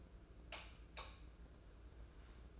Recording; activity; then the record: daily activity, microphone in the room; light off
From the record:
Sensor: 2